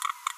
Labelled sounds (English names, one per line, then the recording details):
Green-rumped Parrotlet babbling
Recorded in a nest box in Venezuela
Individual 18B25A4